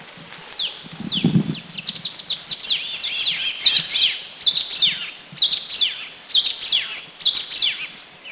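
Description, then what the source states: Blackish cuckooshrike calling: rapid series of thin, downslurred whistles in overlapping bursts roughly every half second, with a brief low rumble near the start. Recorded at Subic, Philippines, in 2010.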